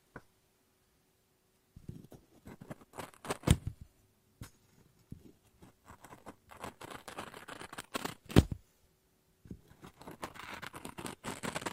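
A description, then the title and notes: Scissors snip and cut through paper in bursts of quick, crisp strokes, with a few sharp louder snaps near 3.5 and 8.4 seconds. Quiet gaps separate the busier stretches, and a faint steady hum lingers underneath throughout. ASMR Scissors No Talking Snips and Cutting Paper.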